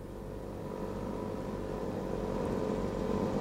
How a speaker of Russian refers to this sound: Самолет капитана Григорьева! Включить носовой прожектор! Он идет на посадку.